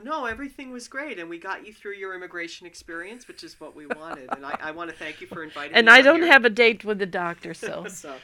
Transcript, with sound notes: No, everything was great, and we got you through your immigration experience, which is what we wanted. (laughs) I want to thank you for inviting me here.
And I don't have a date with the doctor, so.